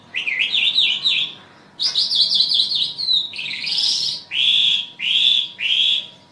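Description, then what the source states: Bimaculated lark delivering warbled, buzzy phrases that end in three repeated clear whistled notes in quick succession, with a faint steady hum. Recorded in Afghanistan.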